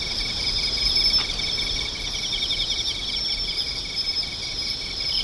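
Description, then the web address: Insect chorus of continuous high buzzing with a faint pulsing rhythm. "cats nishikawa 201110 mushinokoi"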